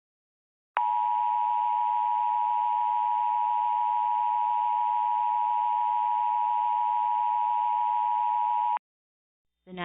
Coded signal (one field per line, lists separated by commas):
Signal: Emergency Alert System (SAME) tones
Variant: 853 and 960 Hz attention tone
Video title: EAS Simulacion - EAS Mock - Donna????????